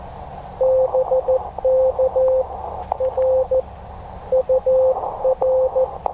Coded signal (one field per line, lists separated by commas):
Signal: Morse code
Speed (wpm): 14 wpm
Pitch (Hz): 520 Hz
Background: none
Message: BK R UR